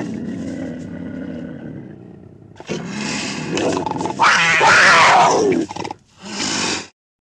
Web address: big cats|cougars